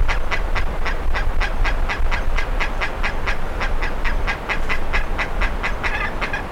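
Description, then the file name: Bird keeps up rapid, evenly spaced raspy notes from start to finish, with a low constant rumble beneath them. "SABIOD 50 bird 2015"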